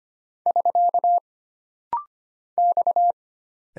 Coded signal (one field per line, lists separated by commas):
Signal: Morse code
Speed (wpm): 25 wpm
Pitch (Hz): 700 Hz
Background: none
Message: <SK> X